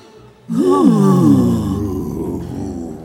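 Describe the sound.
A human voice lets out a loud, drawn-out roaring growl imitating a dragon, starting abruptly and wavering in pitch before trailing into a rough, rumbling groan for about two and a half seconds.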